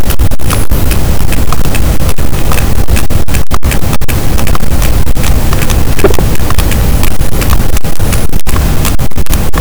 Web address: Physeter Macrocephalus cachalot